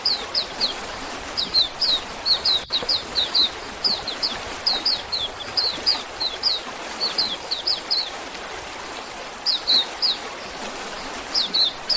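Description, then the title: Oriental magpie-robin giving bursts of bright, downslurred whistles in twos and threes, repeated throughout with a brief click and steady hiss behind. "Kicau Kacer"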